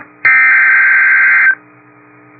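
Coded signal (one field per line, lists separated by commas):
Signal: Emergency Alert System (SAME) tones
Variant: header bursts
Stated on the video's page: Severe thunderstorm warning from weather radio station in Madison, WI.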